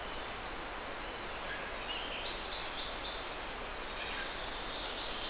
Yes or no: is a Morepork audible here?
no